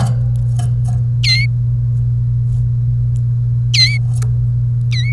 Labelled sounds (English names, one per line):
Domestic Canary song